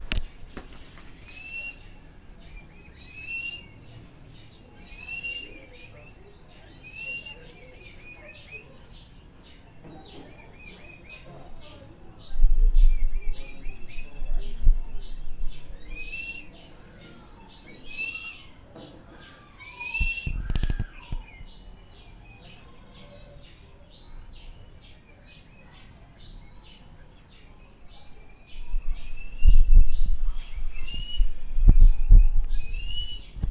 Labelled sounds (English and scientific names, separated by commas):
African Harrier-hawk (Polyboroides typus)